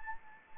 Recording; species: mosquito wingbeat signal from an infrared sensor; Anopheles gambiae